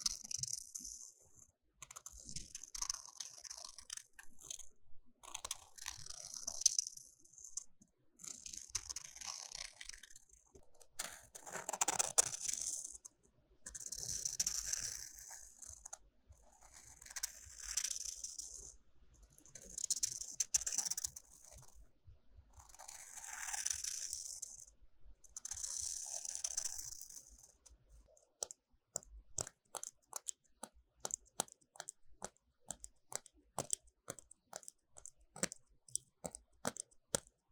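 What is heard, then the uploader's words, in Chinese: Ear candling sounds: soft, bright hissing swells rise and fade every two or three seconds for most of the clip, with faint scratchy ticks underneath. After about 28 seconds the hiss stops and a quick, irregular run of crisp little clicks and crackles takes over. 耳燭 | Relaxing Ear Spa | NoTalking。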